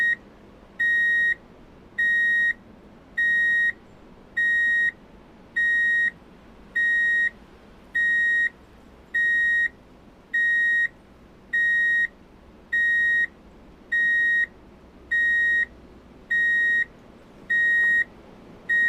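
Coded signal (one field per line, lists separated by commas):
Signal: alarm pattern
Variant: vehicle reversing alarm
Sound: repeating steady high beeps, about 16 in 19 seconds, evenly spaced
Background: low rumble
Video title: Drive in Reverse Beep Alert | Sound Effect (HD)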